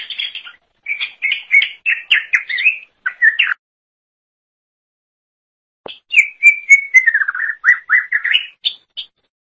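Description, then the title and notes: Leafbird song: two long bouts of busy chattering and warbled whistles, separated by a silent gap of over two seconds, with a faint click before the second bout. "Suara Kicauan Burung Cucak Ijo"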